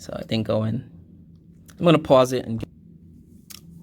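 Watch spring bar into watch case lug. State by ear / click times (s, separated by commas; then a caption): seated / 3.5 s. A metal watch spring bar is pushed into the lug hole of a watch case on a second try. Someone talks, then a short click at 3.5 s marks the spring bar snapping into the lug, seated and secure.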